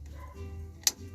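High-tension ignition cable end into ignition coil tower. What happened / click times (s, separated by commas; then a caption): The cable end snapped home into its socket / 0.9 s. A high-tension ignition cable end is pushed into the tower of a VW Beetle/Kombi ignition coil, where a groove on the cable end catches. Over a low hum, a single sharp, bright click sounds at 0.9 s. The cable end is seated in the coil tower, confirmed by the click.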